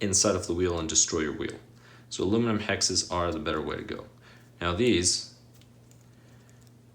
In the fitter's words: uh do not hear a click usually they click i